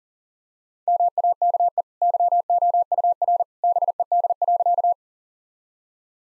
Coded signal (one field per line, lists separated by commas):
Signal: Morse code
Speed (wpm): 40 wpm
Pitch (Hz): 700 Hz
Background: none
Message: MAKE YOUR BED.